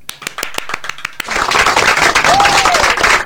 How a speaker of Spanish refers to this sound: Un aplauso.